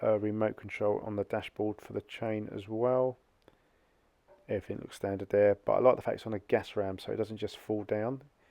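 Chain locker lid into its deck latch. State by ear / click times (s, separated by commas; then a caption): not seated / none. Someone talks while handling the gas-strut-assisted chain locker lid on the foredeck of a 2020 Merry Fisher 895 boat, which goes into its deck latch. During a pause in the talk, two faint ticks are heard at about 3.4 and 3.5 seconds. The lid has not yet latched shut, and nothing has seated or clicked yet.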